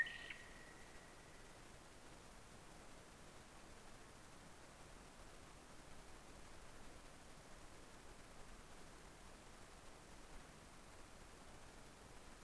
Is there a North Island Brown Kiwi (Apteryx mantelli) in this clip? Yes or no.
no